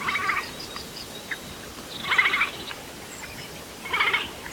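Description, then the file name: Eurasian jay calls: three harsh, rasping screeches, each about half a second long and spaced roughly two seconds apart, over steady background hiss. "Garrulus glandarius"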